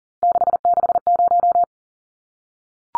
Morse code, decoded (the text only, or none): 660